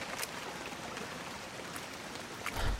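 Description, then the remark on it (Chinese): Steady rain falls in a dense, even hiss, with scattered brighter drop taps and a brief low thump near the end. No voices are heard. “这鬼天气，又下雨了。不过也是，四月梅雨季节了。”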